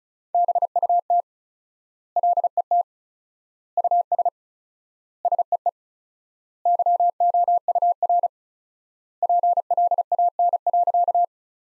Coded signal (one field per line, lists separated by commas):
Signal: Morse code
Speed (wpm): 36 wpm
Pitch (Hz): 700 Hz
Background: none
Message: BUT LET US SEE YOUR PLAN.